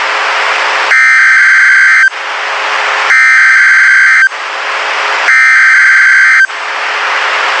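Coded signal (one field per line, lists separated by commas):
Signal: Emergency Alert System (SAME) tones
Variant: header bursts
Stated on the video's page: High wind warning update toned for the local area; 1050 Hz tone not sent, followed by live voice.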